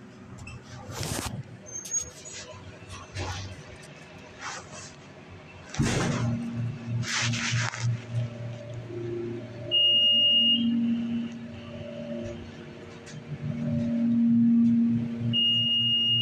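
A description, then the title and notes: Elevator sounds with sharp knocks, door thuds and rustling in the first eight seconds, then a steady hum with a high tone and brief beeps. Elevator sounds, walking, trash bags and doors.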